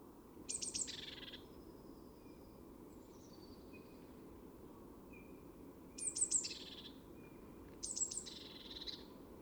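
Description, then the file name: Eurasian blue tit calling: three bursts of high, thin notes over about nine seconds, with faint high tones between. "Cyanistes caeruleus"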